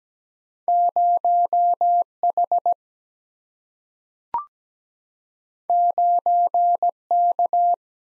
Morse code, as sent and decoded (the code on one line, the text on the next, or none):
----- / .... / ----. / -.-
0 H 9 K